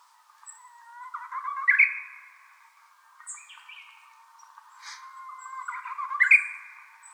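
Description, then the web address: Japanese bush warbler giving two full song phrases, a sustained whistle climbing into a sharp, ringing ending, with a few soft high calls in the pause. Recorded on March 4, 2016. "birdenaga uguisu"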